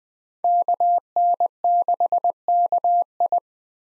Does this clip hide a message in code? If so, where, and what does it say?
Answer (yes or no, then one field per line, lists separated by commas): yes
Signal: Morse code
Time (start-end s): 0.4-3.4 s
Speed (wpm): 20 wpm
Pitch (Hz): 700 Hz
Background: none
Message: KN6KI